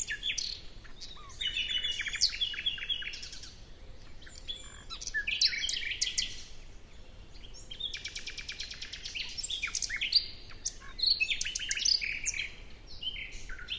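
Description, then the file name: Common nightingale song: a continuous jumble of varied phrases, clicks, rattles, buzzy trills and brief whistles over nearly fourteen seconds. "Luscinia megarhynchos"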